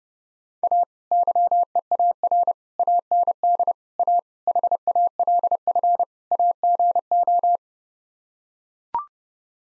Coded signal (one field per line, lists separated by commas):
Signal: Morse code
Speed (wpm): 30 wpm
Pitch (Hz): 700 Hz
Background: none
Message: A YEAR AND A HALF AGO